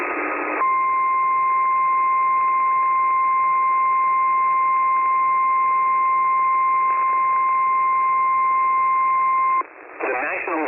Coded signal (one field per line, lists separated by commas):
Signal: Emergency Alert System (SAME) tones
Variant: 1050 Hz attention tone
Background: speech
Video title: Xtreme Mayhem XIII: A Sorta Moderate Mayhem! EAS Alerts From August 7, 2023